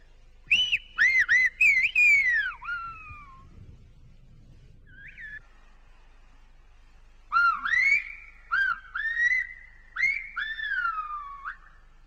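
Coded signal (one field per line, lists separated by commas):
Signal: whistled language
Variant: Silbo Gomero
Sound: two phrases of loud gliding whistles, rising and falling like spoken syllables, pause between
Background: faint background hiss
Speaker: Now, did you notice that each whistle sounds like a word, and that there are definite tones within these words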